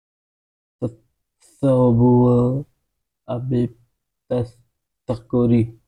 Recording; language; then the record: elicited speech; Bengali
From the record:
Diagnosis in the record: Broca's or global aphasia after a stroke